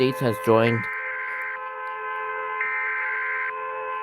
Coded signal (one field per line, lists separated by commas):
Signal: Emergency Alert System (SAME) tones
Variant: header bursts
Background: speech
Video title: reacting to eas alarms animated series 1-5 original